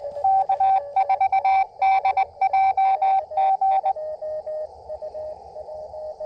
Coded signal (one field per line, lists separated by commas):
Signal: Morse code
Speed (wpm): 20 wpm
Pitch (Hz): 770 Hz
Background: radio noise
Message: K4DJG